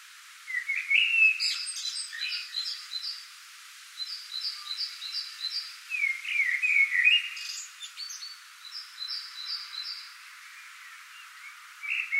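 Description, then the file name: Common blackbird song with two low, liquid warbled phrases ending in high twitters and a third just starting at the end, mixed with another bird's repeated clipped high notes. "Turdus merula"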